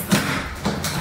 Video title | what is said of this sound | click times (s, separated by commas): Broyeur de végétaux Whisper™ Brushless 36V MAX POWER RY36SHX40-0 RYOBI® - L’avis de Marie | il se déclipse très facilement | 0.7 s, 0.8 s